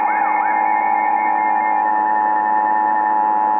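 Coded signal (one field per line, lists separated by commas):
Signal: Emergency Alert System (SAME) tones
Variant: 853 and 960 Hz attention tone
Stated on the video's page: Mock or recreational EAS alert, not a real activation.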